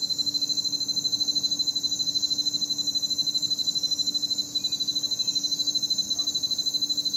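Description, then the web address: Cricket chorus of high, rapid, regular pulsed chirps, steady throughout with a momentary break midway. Night ambience. "the-sound-pack-tree -night ambience with crickets"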